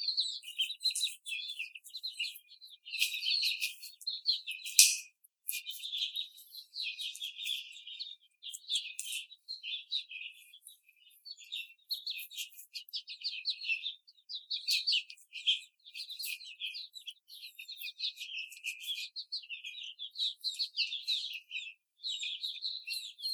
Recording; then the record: young laying hens in a cage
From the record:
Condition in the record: after the stressor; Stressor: simulated dog barking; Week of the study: 4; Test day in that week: 2